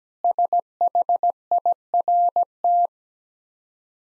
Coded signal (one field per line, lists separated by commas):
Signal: Morse code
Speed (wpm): 17 wpm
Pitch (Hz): 700 Hz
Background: none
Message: SHIRT